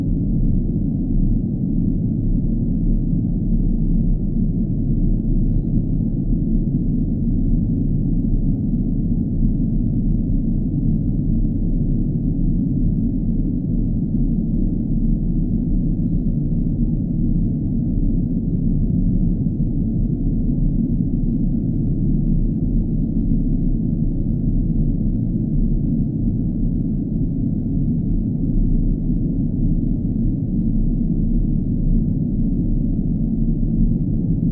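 A spaceship drone hums steadily throughout, a dense, low rumble with a deep throbbing undertone and no bright sounds or distinct events.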